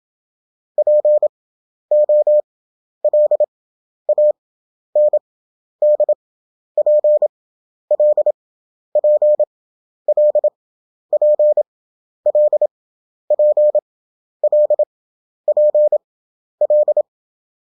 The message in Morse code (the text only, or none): POLAND PL PL PL PL PL